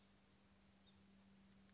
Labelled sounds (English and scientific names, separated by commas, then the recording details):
Western Flycatcher (Empidonax difficilis)
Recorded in Sonoma County, California